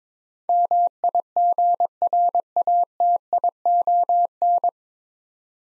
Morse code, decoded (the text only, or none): MIGRATION